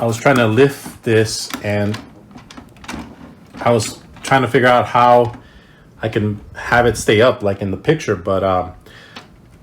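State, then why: Seated. Someone talks while lifting the plastic scanner unit on top of an Epson EcoTank ET-4760 ink tank printer, with a few faint plastic ticks around 2.3 to 2.9 seconds. At 9.2 seconds the scanner unit, pushed a little further up, clicks into its hold-open position on the hinge stay and latches so it stays raised.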